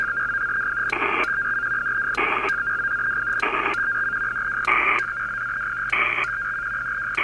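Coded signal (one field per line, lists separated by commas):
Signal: HF data modem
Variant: PACTOR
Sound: rapid two-tone warbling chirp, with short harsh hissing bursts about every 1.25 seconds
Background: radio static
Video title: Pactor is a pain in the rear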